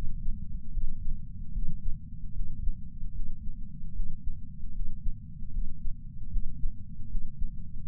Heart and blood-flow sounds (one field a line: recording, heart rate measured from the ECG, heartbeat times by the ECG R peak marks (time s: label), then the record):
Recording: heart sounds by patch sensor on the chest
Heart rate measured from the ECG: 76 bpm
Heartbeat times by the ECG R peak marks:
0.71 s: heartbeat
1.52 s: heartbeat
2.33 s: heartbeat
3.13 s: heartbeat
3.93 s: heartbeat
4.72 s: heartbeat
5.51 s: heartbeat
6.29 s: heartbeat
7.08 s: heartbeat
7.86 s: heartbeat
From the record:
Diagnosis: coronary artery disease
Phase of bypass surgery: postoperative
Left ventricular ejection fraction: 62.1%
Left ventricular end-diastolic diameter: 45 mm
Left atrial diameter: 35 mm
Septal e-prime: 9.8 cm/s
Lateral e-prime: 10.5 cm/s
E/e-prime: 7.1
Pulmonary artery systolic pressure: 25 mmHg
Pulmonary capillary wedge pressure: 8 mmHg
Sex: male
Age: 58 years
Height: 172 cm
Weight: 75 kg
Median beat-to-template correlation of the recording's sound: 0.93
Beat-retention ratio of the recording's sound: 0.99